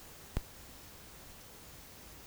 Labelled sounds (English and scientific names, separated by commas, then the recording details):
none
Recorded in dense forest near Puerto Asís, Putumayo, Colombia, on 20 February 2024 at 11:00
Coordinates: 0.485, -76.322
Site G6406